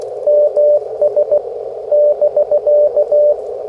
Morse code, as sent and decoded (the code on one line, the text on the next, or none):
-- ... / -...-.-
MS <BK>